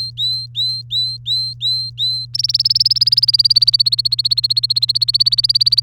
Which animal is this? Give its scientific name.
Serinus canaria